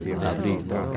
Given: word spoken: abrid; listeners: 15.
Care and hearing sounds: one Spanish word in noise, from a listening test; eight-talker babble; -0.9 dB; 0 of 15; 10 of 15; 0.57 s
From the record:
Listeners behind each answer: 10, 1, 1, 1, 1, 1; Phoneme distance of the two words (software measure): 10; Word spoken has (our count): 2 syllables, 5 phonemes, stress on syllable 2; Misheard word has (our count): 2 syllables, 5 phonemes, stress on syllable 2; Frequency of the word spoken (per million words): 0.27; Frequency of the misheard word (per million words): 57.52

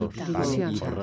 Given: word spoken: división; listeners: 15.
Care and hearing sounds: one Spanish word in noise, from a listening test; four-talker babble; -1.5 dB; 4 of 15; 8 of 15; 0.63 s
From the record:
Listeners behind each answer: 8, 4, 2, 1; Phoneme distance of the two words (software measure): 34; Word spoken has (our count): 3 syllables, 8 phonemes, stress on syllable 3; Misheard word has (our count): 2 syllables, 6 phonemes, stress on syllable 2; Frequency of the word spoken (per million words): 61.11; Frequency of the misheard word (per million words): 45.77

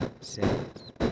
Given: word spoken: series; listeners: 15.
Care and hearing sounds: one Spanish word in noise, from a listening test; noise modulated by one talker; -9.7 dB; 1 of 15; 8 of 15; 0.72 s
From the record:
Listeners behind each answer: 8, 1, 1, 1, 1, 1, 1, 1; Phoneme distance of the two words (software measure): 27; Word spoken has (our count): 2 syllables, 6 phonemes, stress on syllable 1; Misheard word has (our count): 2 syllables, 5 phonemes, stress on syllable 1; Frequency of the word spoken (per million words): 17.34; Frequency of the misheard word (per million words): 11.33

